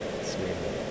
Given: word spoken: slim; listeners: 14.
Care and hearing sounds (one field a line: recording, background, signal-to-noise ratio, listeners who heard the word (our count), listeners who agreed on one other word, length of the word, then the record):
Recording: one English word in noise, from a listening test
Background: speech-shaped noise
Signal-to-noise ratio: -4.7 dB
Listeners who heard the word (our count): 1 of 14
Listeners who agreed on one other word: 11 of 14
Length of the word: 0.51 s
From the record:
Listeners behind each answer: 11, 1, 1, 1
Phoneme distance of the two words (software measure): 10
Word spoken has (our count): 1 syllable, 4 phonemes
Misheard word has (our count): 1 syllable, 4 phonemes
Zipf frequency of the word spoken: 3.80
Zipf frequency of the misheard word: 4.42